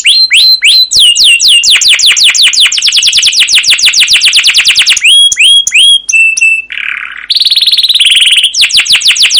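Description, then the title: Canary song of fast repeated downslurred notes in a rolling trill, then clipped chips, a low buzzy rattle and a final rapid trill. Canary song used as a lure (pancingan) to train other canaries; long gacor song with cuit cuit chirps and ngerol rolling trills. "CUIT CUIT NGEROL LANGSUNG GACOR PANJANG Kenari Pancingan KENAR. Masteran Suara Burung Kenari Gacor Panjang cuit cuit Ngerol untuk Pancingan Kenari!"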